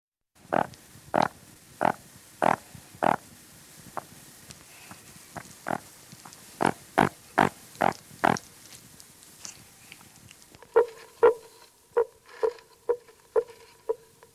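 Common frog giving a series of short rasping croaks, then several more tonal grunting croaks near the end.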